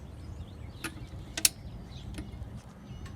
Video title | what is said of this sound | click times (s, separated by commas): Part 3transmission fluid drain fill | Okay, so I'm gonna tie it till you hear the click. | 1.5 s